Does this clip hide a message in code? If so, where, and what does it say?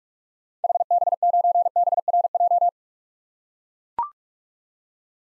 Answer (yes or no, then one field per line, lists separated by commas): yes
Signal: Morse code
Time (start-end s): 0.6-2.7 s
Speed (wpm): 43 wpm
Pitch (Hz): 700 Hz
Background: none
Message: HB9BRJ